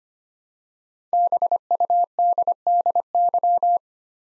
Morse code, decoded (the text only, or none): BUDDY